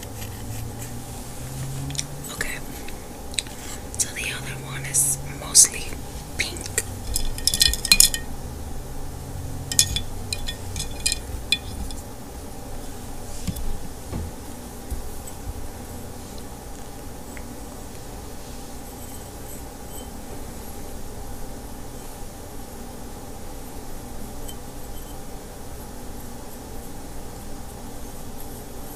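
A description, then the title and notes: Quiet sounds of painting ornaments: small brush strokes, soft taps and clicks, densest in the first ten seconds with bright crisp ticks around five to eight seconds. Low murmuring tones drift underneath early on, and the rest settles into a steady faint hiss with sparse light touches. Painting ornaments for our Christmas tree.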